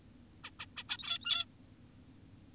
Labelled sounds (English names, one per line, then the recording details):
Zebra Finch
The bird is an adult
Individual g17y2U